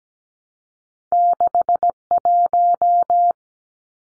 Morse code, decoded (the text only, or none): 61